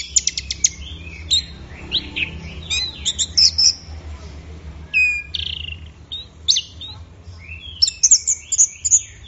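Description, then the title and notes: Orange-headed thrush song of rapid ticking notes, sweeping whistles and scratchy trills, phrases tumbling one after another with brief gaps; soft low hum underneath. Bird in full, vigorous song (gacor, teler), offered as a track for training songbirds; offline collection. "Anis Merah Gacor Teler Untuk. Kumpulan Suara Burung Anis Offline"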